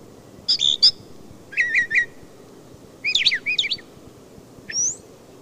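Brown thrasher singing paired and tripled chirpy phrases, followed by a single rising whistle, with quiet gaps in between.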